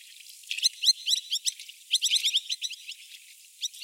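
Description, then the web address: Madagascar pratincole calls: quick runs of sharp, high, slightly downslurred chips, densest in the middle and thinning to a few notes at the close. "Madagascar pratincole. صدای-پرنده-گلاریول-ماداگاسکار"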